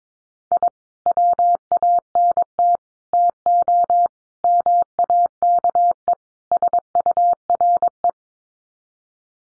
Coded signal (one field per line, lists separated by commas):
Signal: Morse code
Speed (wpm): 22 wpm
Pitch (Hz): 700 Hz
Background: none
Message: I WANT TO MAKE SURE